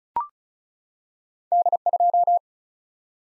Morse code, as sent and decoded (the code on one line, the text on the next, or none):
-.. ..---
D2